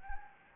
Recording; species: mosquito wingbeat signal from an infrared sensor; Anopheles gambiae